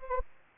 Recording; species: mosquito wingbeat signal from an infrared sensor; Anopheles gambiae